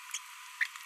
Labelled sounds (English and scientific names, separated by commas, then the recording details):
Green-rumped Parrotlet (Forpus passerinus) babbling
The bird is a female
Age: 22 days
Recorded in a nest box in Venezuela
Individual 17B42B1